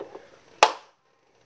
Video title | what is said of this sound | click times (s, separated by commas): Holden Captiva 7 2.4L petrol 2015 engine light on. ( P0010 fault code ) VVT solenoid replacement | then of course don't forget this this will just clip straight back in | 0.6 s